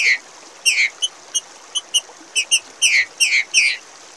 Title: Fêmea De Trinca Ferro Macheando Para Esquentar Trinca Ferro